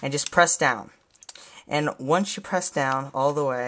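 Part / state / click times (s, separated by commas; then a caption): RAM module into netbook memory slot / not seated / none. A laptop RAM memory stick is held by its sides and pressed down into a netbook's SO-DIMM memory slot, which takes fairly hard pressing for its two side retaining tabs to snap over it. Someone talks throughout, and no click is heard. The clip ends before the module goes home, so nothing has seated or clicked yet.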